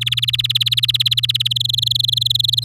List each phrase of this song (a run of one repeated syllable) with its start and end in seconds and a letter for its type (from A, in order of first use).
0.01-1.48 A, 1.50-2.64 B